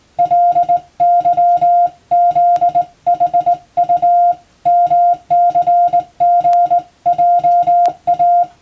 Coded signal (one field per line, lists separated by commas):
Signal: Morse code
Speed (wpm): 20 wpm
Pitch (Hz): 700 Hz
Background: music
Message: LYZHU MCGJA